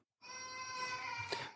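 A single sustained, high-pitched wail with steady pitch: a baby crying in the background of a Zoom call.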